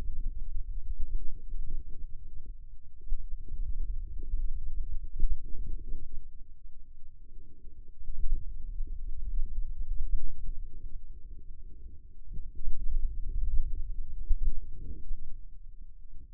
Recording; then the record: forearm muscle sounds (acoustic myography)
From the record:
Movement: hand opening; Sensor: system 2, bracelet of six BSWA MPA416 microphones around the upper forearm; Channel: 5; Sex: male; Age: 22 years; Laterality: right